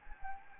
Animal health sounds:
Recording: mosquito wingbeat signal from an infrared sensor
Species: Anopheles gambiae

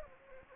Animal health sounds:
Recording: mosquito wingbeat signal from an infrared sensor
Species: Anopheles gambiae

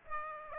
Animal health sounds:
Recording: mosquito wingbeat signal from an infrared sensor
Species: Aedes aegypti

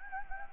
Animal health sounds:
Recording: mosquito wingbeat signal from an infrared sensor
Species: Anopheles gambiae

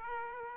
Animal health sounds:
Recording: mosquito wingbeat signal from an infrared sensor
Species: Aedes aegypti

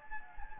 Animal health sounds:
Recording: mosquito wingbeat signal from an infrared sensor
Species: Anopheles gambiae

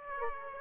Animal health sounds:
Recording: mosquito wingbeat signal from an infrared sensor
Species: Aedes aegypti

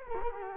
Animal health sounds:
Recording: mosquito wingbeat signal from an infrared sensor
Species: Culex quinquefasciatus

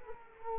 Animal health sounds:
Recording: mosquito wingbeat signal from an infrared sensor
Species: Culex quinquefasciatus

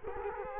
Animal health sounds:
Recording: mosquito wingbeat signal from an infrared sensor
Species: Culex quinquefasciatus

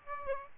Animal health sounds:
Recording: mosquito wingbeat signal from an infrared sensor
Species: Aedes aegypti

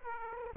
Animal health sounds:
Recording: mosquito wingbeat signal from an infrared sensor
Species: Aedes aegypti

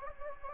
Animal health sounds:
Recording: mosquito wingbeat signal from an infrared sensor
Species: Anopheles gambiae

